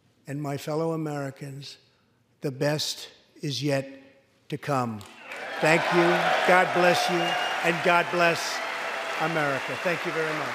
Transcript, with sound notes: and, my fellow Americans, the best is yet to come. (Applause.) Thank you. God Bless You. And God Bless America. Thank you very much.